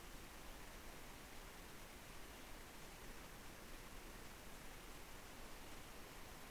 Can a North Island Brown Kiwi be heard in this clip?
no